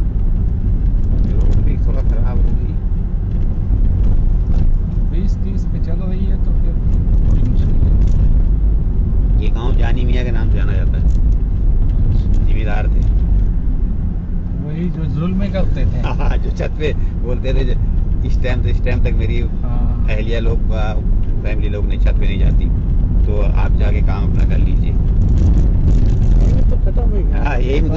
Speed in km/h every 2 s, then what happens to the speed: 19, 18, 24, 28, 32, 32, 19, 15, 21, 24, 27, 31, 30, 31.
2-9 speeds up to 32. 9-14 slows to 15. 14-22 speeds up to 31. 22-28 steady at about 31.